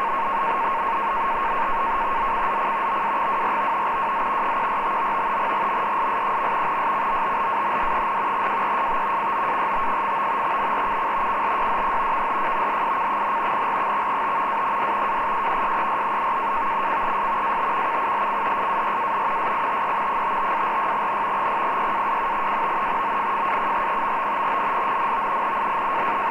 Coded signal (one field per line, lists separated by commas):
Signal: NAVTEX (SITOR-B)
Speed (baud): 100 baud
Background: radio noise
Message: ZCZC OA24 WZ 1459 GMDSS. SCOTLAND, WEST COAST. MRCC CLYDE VHF DSC, R/T AND AIS SERVICES AT KILCHIARAN SITE 55-46N 006-27W OFFAIR. NNNN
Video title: 518 Portpatrick NAVTEX with audio Tecsun AN 200 14112012